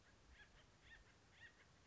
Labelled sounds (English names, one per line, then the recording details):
Acorn Woodpecker
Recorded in Sonoma County, California